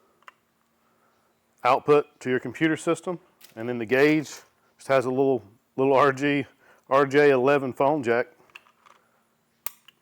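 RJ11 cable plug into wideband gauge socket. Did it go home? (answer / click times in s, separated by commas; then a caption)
yes / 9.7 s. Someone talks while installing a Zeitronix ZT-4 wideband gauge on a Fox Body Mustang with Pro-M EFI. The small RJ11 phone-jack plug on the wideband cable is pushed into the gauge's socket, and its plastic latch snaps home with one sharp click at 9.7 s. The plug is seated.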